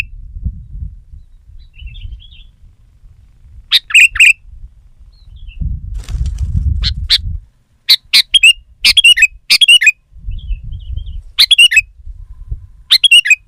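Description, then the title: Sooty-headed bulbul song of short, lively whistled phrases, with soft faint notes between bursts and patches of low rumble. "kutilang"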